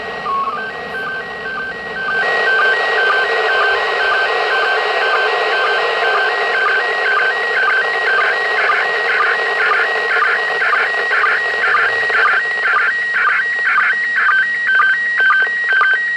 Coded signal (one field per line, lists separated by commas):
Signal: SSTV (slow-scan television)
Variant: PD 120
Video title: International സ്പേസ് സ്റ്റേഷനിൽ നിന്നുള്ള SSTV ചിത്രങ്ങൾ ലഭിക്കുന്നതെങ്ങനെ, നിങ്ങൾക്കും പരീക്ഷിക്കാം